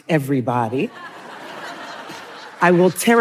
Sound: laughter

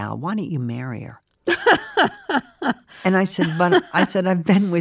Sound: laughter

